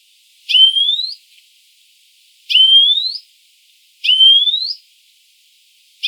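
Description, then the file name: European greenfinch giving long nasal rising calls, three full notes spaced roughly one and a half to two seconds apart, with a fourth just beginning at the end. "Chloris chloris"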